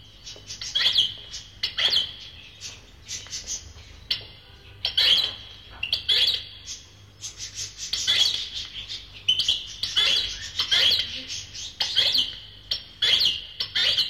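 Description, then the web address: Bird chirping in high, scratchy twittering bursts, repeated irregularly throughout. "animali uccelli uccelli birds"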